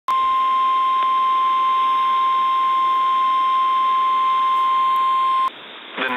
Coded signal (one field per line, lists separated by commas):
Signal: Emergency Alert System (SAME) tones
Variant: 1050 Hz attention tone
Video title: EAS #122: Tornado Warning on KIH61